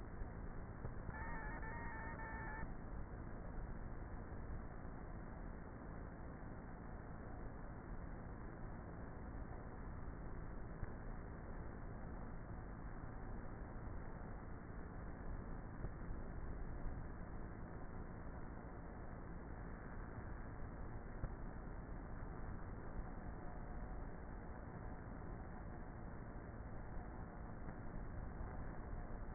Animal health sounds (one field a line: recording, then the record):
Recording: honeybee colony, microphone inside the hive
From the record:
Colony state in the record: queenless with a low population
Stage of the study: before two queens were removed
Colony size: about 30,000 bees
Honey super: no